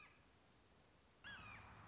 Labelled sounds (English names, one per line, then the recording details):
Red-shouldered Hawk
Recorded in Sonoma County, California